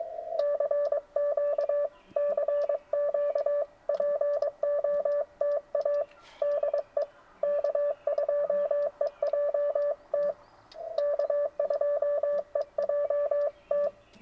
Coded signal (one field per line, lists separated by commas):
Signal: Morse code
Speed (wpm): 23 wpm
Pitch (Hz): 590 Hz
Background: none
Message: CQ CQ POTA DE K2EJT K2EJT